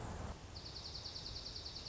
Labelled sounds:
Dark-eyed Junco
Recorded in Sonoma County, California

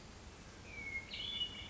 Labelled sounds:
Hermit Thrush
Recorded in Sonoma County, California

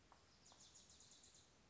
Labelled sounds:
Wilson's Warbler
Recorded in Sonoma County, California

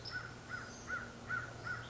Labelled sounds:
American Crow
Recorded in Sonoma County, California

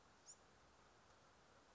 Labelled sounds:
Bewick's Wren
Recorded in Sonoma County, California

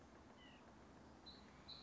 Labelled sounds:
White-breasted Nuthatch
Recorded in Sonoma County, California

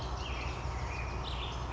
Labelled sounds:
Black-headed Grosbeak
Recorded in Sonoma County, California

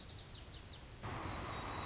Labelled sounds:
White-crowned Sparrow
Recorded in Sonoma County, California

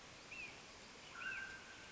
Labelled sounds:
Mountain Quail
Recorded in Sonoma County, California

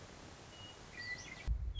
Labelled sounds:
Western Meadowlark
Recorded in Sonoma County, California

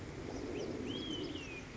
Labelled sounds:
Olive-sided Flycatcher
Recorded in Sonoma County, California

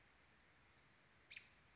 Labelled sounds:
American Robin
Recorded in Sonoma County, California

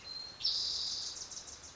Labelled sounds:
Wilson's Warbler
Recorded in Sonoma County, California

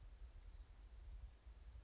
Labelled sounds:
Western Flycatcher
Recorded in Sonoma County, California

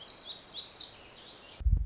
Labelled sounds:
Black-throated Gray Warbler
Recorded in Sonoma County, California

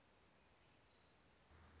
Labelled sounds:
Orange-crowned Warbler
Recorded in Sonoma County, California

